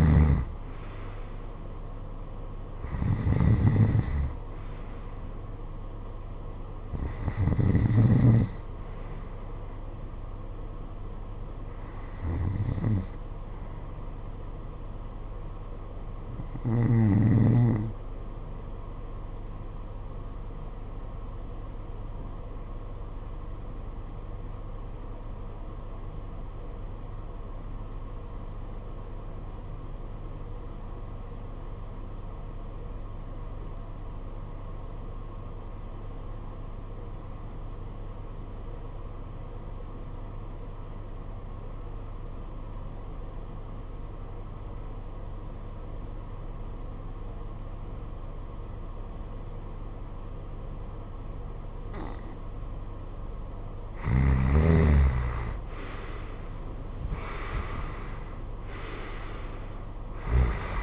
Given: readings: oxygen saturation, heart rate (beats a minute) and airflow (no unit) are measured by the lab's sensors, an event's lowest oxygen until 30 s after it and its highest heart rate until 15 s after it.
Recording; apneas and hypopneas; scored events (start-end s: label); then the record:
breathing in sleep by a smartphone at the bedside; 1
22.00-54.90 s: obstructive apnea (REM, oxygen 95% highest, then 84% lowest, heart rate 52 at the start, 69 highest)
52.00-60.83 s: new sleep stage, N1 (lightest sleep)
From the record:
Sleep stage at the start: REM sleep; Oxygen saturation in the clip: 82 to 95%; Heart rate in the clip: 50 to 69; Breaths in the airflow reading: 8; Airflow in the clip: -16.0 to 15.2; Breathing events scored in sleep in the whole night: 476 in 9.7 hours asleep